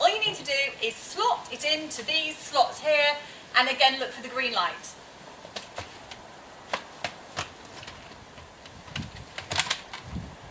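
Someone talks while an UPPAbaby Vista carrycot (bassinet) is lowered and slotted into the mounting slots on the pushchair frame, which have a green indicator light. Short, sharp handling knocks sound at about 6.7, 7.1, 9.0, 9.6 and 9.7 seconds. Nothing has seated or clicked into place yet.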